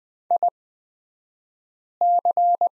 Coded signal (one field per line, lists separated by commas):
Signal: Morse code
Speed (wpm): 20 wpm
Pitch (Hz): 700 Hz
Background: none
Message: IC